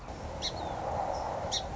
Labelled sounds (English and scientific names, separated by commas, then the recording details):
Song Sparrow (Melospiza melodia)
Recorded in Sonoma County, California